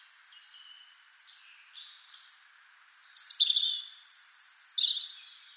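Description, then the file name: European robin song: soft, thin opening notes, a brief gap, then louder high sparkling whistles and trills. "Erithacus rubecula"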